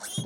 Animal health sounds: pig call; piglet (1 to 25 days)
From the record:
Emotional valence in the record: negative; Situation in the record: short isolation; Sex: male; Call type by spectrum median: low-frequency call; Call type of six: high-frequency stable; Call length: 0.26 s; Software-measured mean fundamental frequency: 285 Hz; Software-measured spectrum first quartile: 244 Hz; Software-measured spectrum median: 2365 Hz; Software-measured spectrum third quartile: 6305 Hz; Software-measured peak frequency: 149 Hz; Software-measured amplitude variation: 152 dB a second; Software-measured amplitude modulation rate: 17.0 a second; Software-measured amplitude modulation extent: 8.9 dB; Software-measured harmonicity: 6.5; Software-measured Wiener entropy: -2.73

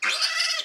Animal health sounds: pig call; piglet (1 to 25 days)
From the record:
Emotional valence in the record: negative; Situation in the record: restrain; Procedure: in the arms of a person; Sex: male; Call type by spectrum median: high-frequency call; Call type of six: mixed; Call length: 0.66 s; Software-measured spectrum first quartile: 2223 Hz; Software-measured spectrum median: 3543 Hz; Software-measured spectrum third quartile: 4941 Hz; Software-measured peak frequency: 1972 Hz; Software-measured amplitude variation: 148 dB a second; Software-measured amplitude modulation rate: 19.0 a second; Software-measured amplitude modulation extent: 7.8 dB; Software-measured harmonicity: 3.5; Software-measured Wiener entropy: -1.97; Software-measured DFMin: 637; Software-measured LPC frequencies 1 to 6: 1387, 2042, 2655, 3398, 4510, 5040 Hz

